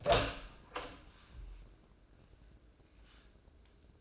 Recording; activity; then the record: daily activity, microphone in the room; open door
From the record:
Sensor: 2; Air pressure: 1012.2 hPa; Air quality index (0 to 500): 159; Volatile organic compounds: 2 ppm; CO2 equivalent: 1160 ppm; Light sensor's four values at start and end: 401/1004/408/427 and 399/1000/406/425